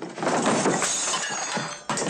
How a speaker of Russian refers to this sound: Илья закрывает окно. Тося подбирает упавшую посуду. Бросив вилки и ложки, она плачет, сидя на корточках.